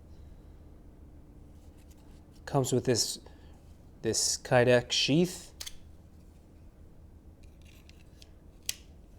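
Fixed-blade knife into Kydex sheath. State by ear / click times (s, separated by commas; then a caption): seated / 8.7 s. A fixed-blade knife is pushed into its molded Kydex plastic sheath until the retention snaps over the blade. Someone talks from about 2.5 to 5.5 seconds, followed by a few faint handling clicks. The knife snaps into the Kydex sheath with a sharp click at 8.7 seconds and is seated.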